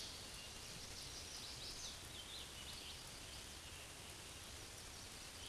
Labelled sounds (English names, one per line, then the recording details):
Black-and-white Warbler song
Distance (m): 110 m
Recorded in a Pennsylvania forest on 19 May 2023 at 11:27
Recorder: AudioMoth, point grid1_27_low
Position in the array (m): 17 m, 79 m